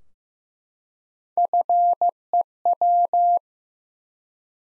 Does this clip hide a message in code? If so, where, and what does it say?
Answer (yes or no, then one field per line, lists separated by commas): yes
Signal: Morse code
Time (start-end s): 1.4-3.4 s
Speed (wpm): 15 wpm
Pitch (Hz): 700 Hz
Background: none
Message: FEW